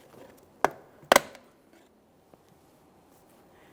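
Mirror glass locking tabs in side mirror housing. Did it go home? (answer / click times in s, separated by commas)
released / 0.6 s, 1.1 s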